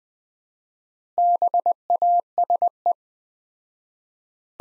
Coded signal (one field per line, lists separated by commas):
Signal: Morse code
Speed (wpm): 20 wpm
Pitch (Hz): 700 Hz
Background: none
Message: BASE